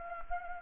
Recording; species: mosquito wingbeat signal from an infrared sensor; Anopheles gambiae